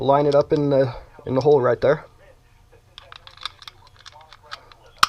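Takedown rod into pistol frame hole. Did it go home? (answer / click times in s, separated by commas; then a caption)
yes / 5.0 s. Someone talks while lining up the steel takedown rod with its hole in the frame of a rimfire Ruger Mark-series pistol during reassembly. Quiet small metallic taps and scrapes follow as the rod is pushed down. A loud, sharp metallic click at 5.0 s marks the rod seating home.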